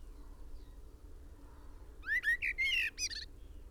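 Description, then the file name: Common blackbird: after two quiet seconds, a single short whistled song phrase. "Turdus merula"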